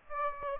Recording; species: mosquito wingbeat signal from an infrared sensor; Aedes aegypti